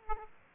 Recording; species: mosquito wingbeat signal from an infrared sensor; Aedes aegypti